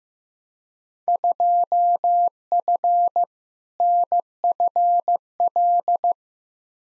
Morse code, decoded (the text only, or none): 2F NFL